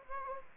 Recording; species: mosquito wingbeat signal from an infrared sensor; Anopheles gambiae